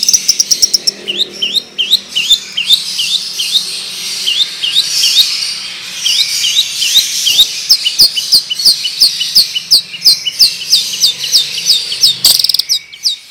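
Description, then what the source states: Long-tailed shrike song: a long, rolling stream of quick high upslurred chirps, repeated nearly three times a second, with clicks mixed in. Song style called 'ngerol panjang' (long roll); bird described as 'gacor', singing actively.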